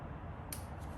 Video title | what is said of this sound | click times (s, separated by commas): Tesla Model X Plaid Power Frunk Installation! | and it should snap right in | 0.5 s